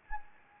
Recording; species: mosquito wingbeat signal from an infrared sensor; Anopheles gambiae